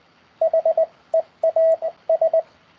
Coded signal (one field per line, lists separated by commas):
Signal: Morse code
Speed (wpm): 20 wpm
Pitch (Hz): 650 Hz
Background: radio noise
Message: HEAS